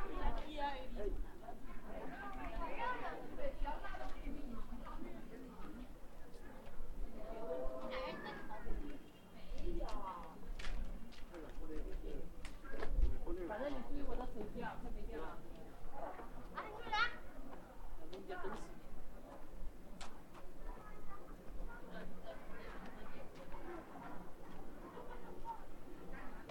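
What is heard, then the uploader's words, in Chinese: A steady crowd murmur at Hongyadong in Chongqing, with many overlapping voices talking at once and no pause across the whole stretch. Sharp clicks and taps, like footsteps, pop up every few seconds, over a low constant hum underneath. 重庆洪崖洞。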